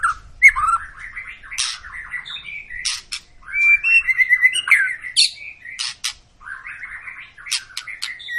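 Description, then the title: White-rumped shama song, a rich varied stream of whistles, trills and sharp high chips in bursts with brief pauses between phrases. Long, energetic lure song of a white-rumped shama, used to prompt other birds to sing. "Pancingan Murai Batu Gacor Panjang"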